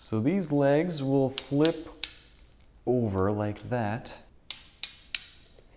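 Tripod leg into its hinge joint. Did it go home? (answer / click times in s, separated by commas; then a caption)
yes / 4.5 s, 4.8 s, 5.1 s. A K&F Concept "Pro" tripod's legs are flipped over into their folded position while someone talks. Each leg locks into its hinge joint with a sharp, loud click at 4.5, 4.8 and 5.2 seconds, and they seat in place.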